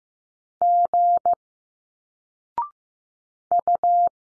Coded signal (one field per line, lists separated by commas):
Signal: Morse code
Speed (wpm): 15 wpm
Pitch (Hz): 700 Hz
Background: none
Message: G U